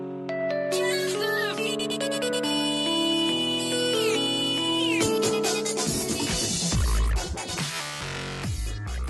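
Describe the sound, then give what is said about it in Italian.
A bright, melodic mobile phone ringtone plays a quick sequence of tonal notes in a steady rhythm, a new updated version of the classic Nokia ringtone, with a fuller, busier texture toward the end. “Dopo anni di servizio, la suoneria della Nokia aveva bisogno di un aggiornamento.”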